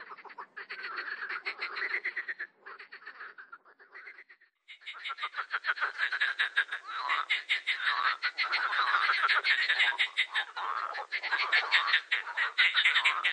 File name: grenouille rieuse